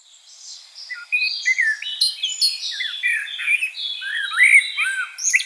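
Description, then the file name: Common blackbird singing continuously: tumbling warbled phrases mixing low slurred whistles and high squeaky twitters, growing louder after the first second. "Turdus merula"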